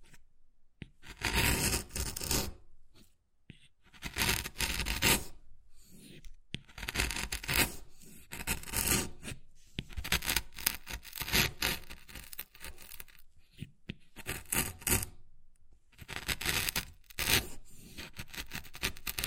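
Wood carving with tapping and scratching: bursts of bright rasping and scraping strokes come in uneven clusters, separated by short silent gaps. Sharp taps and small clicks punctuate the scraping, which swells and fades irregularly across the whole recording.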